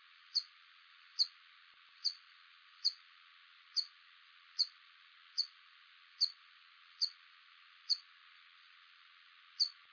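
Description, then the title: Ruby-topaz hummingbird giving short, high, sharp chips, repeated roughly every second in a steady series over faint hiss. "LuckyPassaro Completos2Sama. Ruby-topaz Hummingbird (Chrysolampis mosquitus)"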